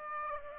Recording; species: mosquito wingbeat signal from an infrared sensor; Aedes aegypti